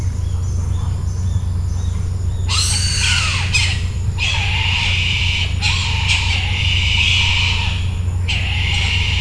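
Bird squawks, harsh and raspy, coming in a loose run of bursts after a quiet start, over a steady low hum.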